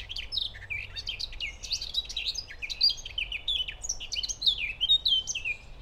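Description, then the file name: Eurasian blackcap song: a rapid, varied warble of bright whistled and scratchy notes between roughly mid and high pitch, delivered continuously over a faint low background hum. "Sylvia atricapilla"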